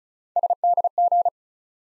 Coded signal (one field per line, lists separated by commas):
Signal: Morse code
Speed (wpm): 36 wpm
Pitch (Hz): 700 Hz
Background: none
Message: SDG